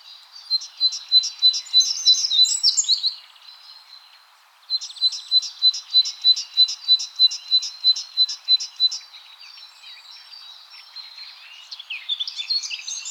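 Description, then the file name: Great tit giving rapid high chirped notes in two bouts, about three per second, broken by a brief silence, with softer twittering near the end. "Parus major"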